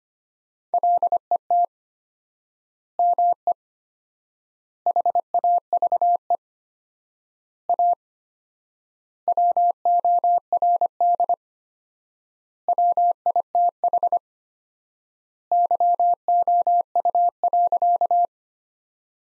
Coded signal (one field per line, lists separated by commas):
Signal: Morse code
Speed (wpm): 25 wpm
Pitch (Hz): 700 Hz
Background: none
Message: LET ME HAVE A WORD WITH YOU.